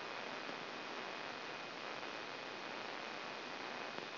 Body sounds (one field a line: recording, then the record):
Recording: brain microelectrode recording played as sound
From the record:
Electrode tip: outside the subthalamic nucleus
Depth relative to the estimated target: 5 mm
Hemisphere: left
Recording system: AlphaMap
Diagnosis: Parkinson's disease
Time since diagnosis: 16 years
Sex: male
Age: 60 years